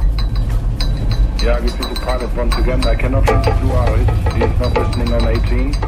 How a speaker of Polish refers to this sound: Wszystko wypadło z lodówki. No i teraz muszę posprzątać, bo się pobiły butelki.